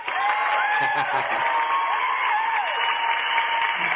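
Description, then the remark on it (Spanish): Steady, dense applause fills the whole stretch, with excited voices shouting and whooping over it in rising and falling cries. “Bueno, ahí están los aplausos, perdón por los gritos.”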